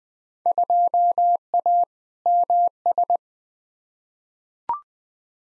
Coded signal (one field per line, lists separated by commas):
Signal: Morse code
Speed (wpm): 20 wpm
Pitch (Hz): 700 Hz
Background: none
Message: 2A MS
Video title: Field Day Exchange v2 - 20wpm